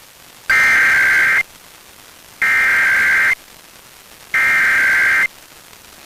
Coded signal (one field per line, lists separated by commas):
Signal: Emergency Alert System (SAME) tones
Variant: header bursts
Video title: Pennsylvania Required Monthly Tests (10/20/22) (EAS 1244-1254)